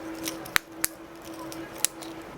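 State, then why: Seated. After a new coin battery is put in, the plastic back cover of a 2016–2022 Mitsubishi Outlander, Mirage, Lancer or Eclipse car key fob is pressed down by hand at different points. Sharp, short clicks are heard at 0.6, 0.8 and 1.9 seconds, over a faint steady hum. The cover snaps shut and is seated.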